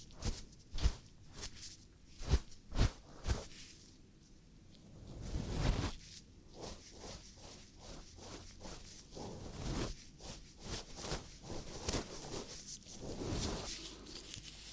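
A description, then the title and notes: Ear cleaning sounds with a few sharp, loud taps in the first three seconds, then a soft swelling rub near the five-second mark. After that comes a quick, steady run of crisp scratching and brushing strokes, bright. ASMR Ear Cleaning For The Strongest Tingles [ NO TALKING ].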